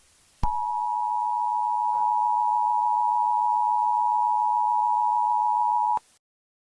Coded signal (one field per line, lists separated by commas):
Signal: Emergency Alert System (SAME) tones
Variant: 853 and 960 Hz attention tone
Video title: The Broadcast…. A Eas Scenario